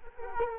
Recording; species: mosquito wingbeat signal from an infrared sensor; Culex quinquefasciatus